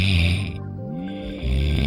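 Deep, rattling low-pitched snore bursts open and close the clip, with a quieter rising whistly breath sound between them. This is ordinary snoring, the noisy vibration of the airway during sleep.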